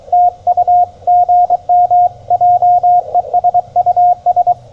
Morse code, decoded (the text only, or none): TU GM JESUS